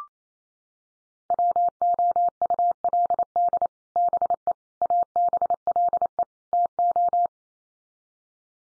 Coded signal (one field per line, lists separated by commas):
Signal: Morse code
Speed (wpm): 28 wpm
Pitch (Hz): 700 Hz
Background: none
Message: WOULD BE ABLE TO